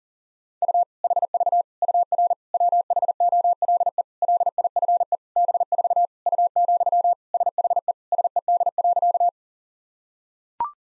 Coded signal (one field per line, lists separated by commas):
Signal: Morse code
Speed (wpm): 40 wpm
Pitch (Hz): 700 Hz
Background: none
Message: U HV UR WHOLE LIFE B4 U, SHE SED.